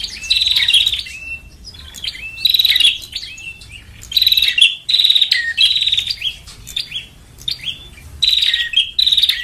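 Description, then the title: Lovebird calls: repeated bursts of sharp, strident chirps every second or two, mixed with shorter squeaky notes and small gaps. Lure call for trapping lovebirds (pikat). "PIKAT BURUNG LOVEBIRD"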